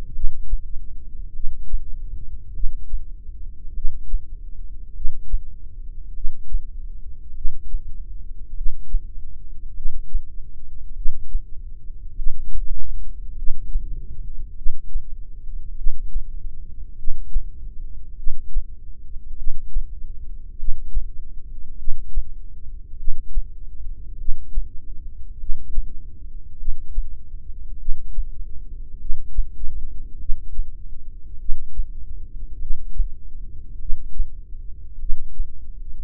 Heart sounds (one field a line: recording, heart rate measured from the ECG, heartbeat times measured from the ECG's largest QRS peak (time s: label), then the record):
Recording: heart sounds by microphone in the left ear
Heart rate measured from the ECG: 50 bpm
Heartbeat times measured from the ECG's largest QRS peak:
0.14 s: heartbeat
1.35 s: heartbeat
2.54 s: heartbeat
3.75 s: heartbeat
4.95 s: heartbeat
6.15 s: heartbeat
7.35 s: heartbeat
8.56 s: heartbeat
9.76 s: heartbeat
10.96 s: heartbeat
12.16 s: heartbeat
13.36 s: heartbeat
14.56 s: heartbeat
15.77 s: heartbeat
16.97 s: heartbeat
18.17 s: heartbeat
19.38 s: heartbeat
20.58 s: heartbeat
21.78 s: heartbeat
22.98 s: heartbeat
24.18 s: heartbeat
25.39 s: heartbeat
26.58 s: heartbeat
27.79 s: heartbeat
28.99 s: heartbeat
30.20 s: heartbeat
31.40 s: heartbeat
32.60 s: heartbeat
33.80 s: heartbeat
35.00 s: heartbeat
From the record:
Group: heart failure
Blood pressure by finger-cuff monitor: 105/53 mmHg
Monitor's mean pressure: 69 mmHg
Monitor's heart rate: 50 bpm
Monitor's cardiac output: 4.6 L/min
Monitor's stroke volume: 92 mL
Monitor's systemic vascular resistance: 1080 dyn s/cm5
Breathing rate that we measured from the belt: 15 breaths a minute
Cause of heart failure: cardiac sarcoid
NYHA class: 1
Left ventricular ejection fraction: 39%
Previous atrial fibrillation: present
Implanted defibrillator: present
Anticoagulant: apixaban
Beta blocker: carvedilol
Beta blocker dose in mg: 50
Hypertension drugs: ramipril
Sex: male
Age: 79 years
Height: 184 cm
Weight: 92.5 kg